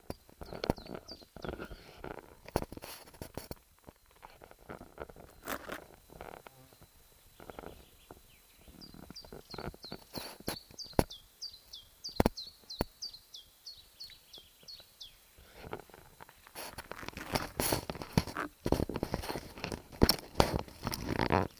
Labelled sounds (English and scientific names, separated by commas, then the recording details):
Common Chiffchaff (Phylloscopus collybita) song
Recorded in the wild
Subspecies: abietinus
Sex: male
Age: adult
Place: Hemsjö, Jämtland, Jämtlands län, SE
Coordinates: 62.7167, 15.5667
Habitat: spruce forest
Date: 1971-07-11 13:30
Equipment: Nagra III PH, MD 211
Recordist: Fichtel and Schneider, H.-J